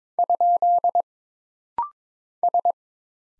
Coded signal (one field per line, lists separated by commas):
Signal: Morse code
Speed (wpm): 22 wpm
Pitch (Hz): 700 Hz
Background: none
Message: ? S